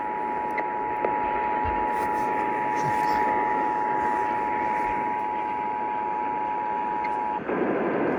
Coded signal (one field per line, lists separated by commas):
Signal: Emergency Alert System (SAME) tones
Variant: 853 and 960 Hz attention tone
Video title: Catchup on EAS Alerts EAS 71-76